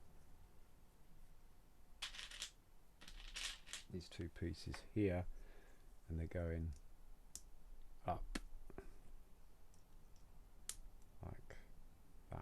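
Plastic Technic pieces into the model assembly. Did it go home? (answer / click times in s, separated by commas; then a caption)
yes / 10.7 s. Two plastic Technic pieces are pushed together on a LEGO Technic Fire Plane model (set 42040) while someone talks, with scattered plastic clicks and handling sounds. A sharp snap at 10.7 s marks the pieces seating firmly into place in the model assembly.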